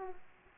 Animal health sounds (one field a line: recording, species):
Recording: mosquito wingbeat signal from an infrared sensor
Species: Aedes aegypti